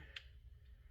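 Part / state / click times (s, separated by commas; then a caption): carburetor float into carburetor body hinge prongs / not seated / none. A carburetor float from a Briggs engine is handled during reassembly, after its needle has been set back in its track, on its way into the carburetor body's hinge prongs. A single short, sharp tick sounds at about 0.2 s over a steady low hum, with no talking. The clip ends before the float goes home, so nothing has seated or clicked yet.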